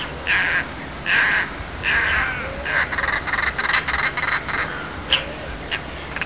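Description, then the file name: Eurasian jay giving harsh rasping screeches, repeated about once a second, then a faster run of short scratchy calls and a few sharp clicks. "Ghiandaia"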